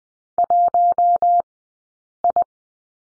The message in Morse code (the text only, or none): 1I